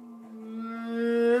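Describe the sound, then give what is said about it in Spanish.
A voice imitates a dial-up modem connecting: one steady, buzzy, nasal tone held for about a second and a half, growing slightly louder and lifting in pitch at the very end. “No, me acuerdo que cuando te conectabas era el ruido de...”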